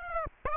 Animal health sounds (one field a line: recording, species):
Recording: mosquito wingbeat signal from an infrared sensor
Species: Aedes aegypti